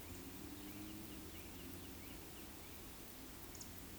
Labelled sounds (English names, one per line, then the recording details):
Eurasian Woodcock whistle
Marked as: whistle, whistle
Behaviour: display flight
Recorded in Baden-Württemberg, Germany, on 13 June 2021 at 19:56 UTC
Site 23718, 552 m above sea level